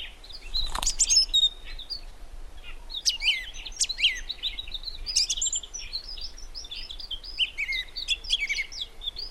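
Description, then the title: Song thrush singing a dense, unbroken stream of sharp, varied high notes and short trills, with one loud click near the start. Recorded in the Peak District during lockdown; the source calls it the longest unbroken song ever heard by a thrush. "Thrush and wren, Peak District"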